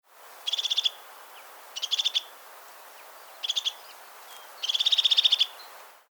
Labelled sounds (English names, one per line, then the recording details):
European Crested Tit
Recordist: Frommolt, Karl-Heinz
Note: Rufe